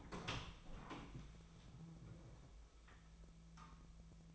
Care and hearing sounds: daily activity, microphone in the room; open door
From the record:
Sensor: 1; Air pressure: 1000.5 hPa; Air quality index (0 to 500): 183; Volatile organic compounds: 4 ppm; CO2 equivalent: 1693 ppm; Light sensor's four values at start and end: 11/27/11/13 and 11/27/11/13

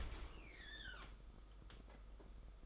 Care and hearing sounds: daily activity, microphone in the room; open dishwasher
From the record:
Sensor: 5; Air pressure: 991.5 hPa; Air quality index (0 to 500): 113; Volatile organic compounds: 30 ppm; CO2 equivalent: 2969 ppm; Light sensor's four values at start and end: 39/123/46/50 and 39/124/47/50

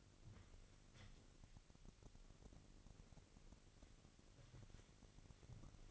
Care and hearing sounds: daily activity, microphone in the room; wipe stove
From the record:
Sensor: 4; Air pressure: 1002.4 hPa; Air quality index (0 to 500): 216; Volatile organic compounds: 12 ppm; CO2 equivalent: 2325 ppm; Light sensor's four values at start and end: 18/66/24/24 and 19/66/24/24

